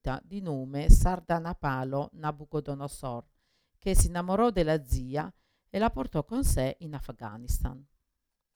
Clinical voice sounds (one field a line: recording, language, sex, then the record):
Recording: read passage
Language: Italian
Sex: female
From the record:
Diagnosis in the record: Parkinson's disease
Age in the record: 61 years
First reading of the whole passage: 53 s, 9.7 characters per second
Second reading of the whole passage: 51 s, 10.1 characters per second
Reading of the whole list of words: 49 s, 5.7 characters per second